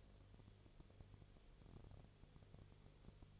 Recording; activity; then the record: daily activity, microphone in the room; no activity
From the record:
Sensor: 4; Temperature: 22.3 degrees Celsius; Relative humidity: 30.9%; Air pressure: 1004.1 hPa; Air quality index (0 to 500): 86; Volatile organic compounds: 1 ppm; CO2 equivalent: 777 ppm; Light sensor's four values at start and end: 2/3/1/1 and 2/3/1/1